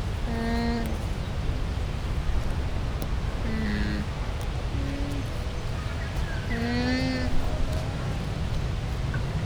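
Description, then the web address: Llama humming: several short, nasal tones, each about half a second long, over low rumbling background noise. Captive llama at a zoo in Győr, Hungary, 2014; fairly clearly audible, wind had eased. "allathangok gyorizoo 2014 lama viszonylagjolhallhatoak enyhultaszel"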